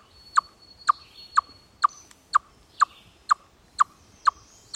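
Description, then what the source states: Chipmunk alarm call, a steady run of crisp chuck notes, with faint bird calls behind. Alarm call given in response to an aerial predator.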